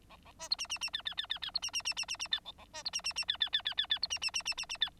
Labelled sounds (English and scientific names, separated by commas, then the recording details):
Bengalese Finch (Lonchura striata domestica) song
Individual Bird9